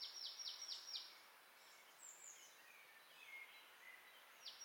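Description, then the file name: Marsh tit calls, a rapid string of about four high, falling chips opening the recording and a single chip at the end, with faint bird whistles in between. "Poecile palustris"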